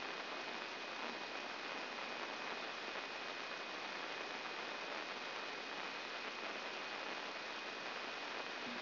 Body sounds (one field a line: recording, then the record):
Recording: brain microelectrode recording played as sound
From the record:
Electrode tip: inside the subthalamic nucleus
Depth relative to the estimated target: -3 mm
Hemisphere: left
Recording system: AlphaMap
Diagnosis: Parkinson's disease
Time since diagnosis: 11 years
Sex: female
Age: 62 years